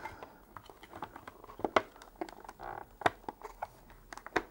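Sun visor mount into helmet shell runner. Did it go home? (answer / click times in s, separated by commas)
no / none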